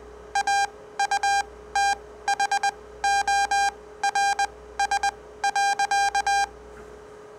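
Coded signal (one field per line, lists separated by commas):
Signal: Morse code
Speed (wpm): 20 wpm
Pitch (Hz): 800 Hz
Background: none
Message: AUTHORS.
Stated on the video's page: Morse code generated with different waveforms, sine, square and sawtooth, as a copying experiment.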